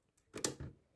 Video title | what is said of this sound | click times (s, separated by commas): I (finally) GOT MORE RAM!!! | there we go got two clicks | 0.4 s, 0.5 s